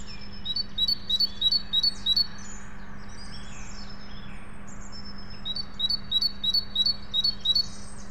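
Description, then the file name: Great tit song: two bursts of about five quick two-note phrases, with fainter bird calls between and a steady low hum throughout. "Parus major"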